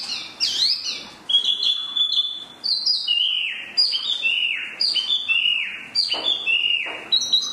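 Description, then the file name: Chinese hwamei song: a varied, rich run of loud whistles, slurred and dropping in pitch, phrases changing constantly with brief pauses between bursts. "hwamei mini"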